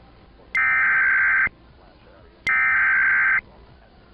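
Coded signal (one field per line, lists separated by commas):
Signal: Emergency Alert System (SAME) tones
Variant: header bursts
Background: speech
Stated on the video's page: Child Abduction Emergency alert for all of Utah.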